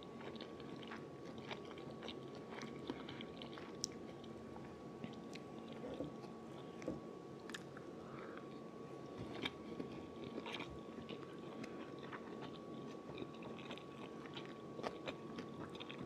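Someone eats fried rice with eggs, with a dense, steady bed of soft chewing and wet mouth sounds throughout. Sharper clicks and crunches break in every second or so. A faint constant tone and low rumble sit underneath.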